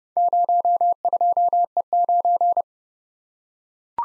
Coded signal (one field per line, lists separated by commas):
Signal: Morse code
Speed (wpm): 29 wpm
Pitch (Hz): 700 Hz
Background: none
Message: 02E9